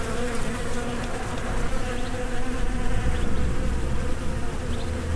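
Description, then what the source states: Bees buzzing in a steady, dense hum with a low drone and layered overtones, holding constant throughout with faint higher ticks. Recorded between 2010 and 2012 during professional travels.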